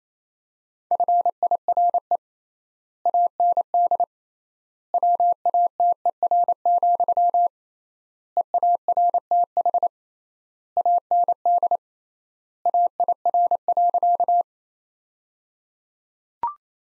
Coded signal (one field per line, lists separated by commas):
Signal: Morse code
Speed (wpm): 28 wpm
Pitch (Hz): 700 Hz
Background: none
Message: FIRE AND WATER, EARTH AND AIR.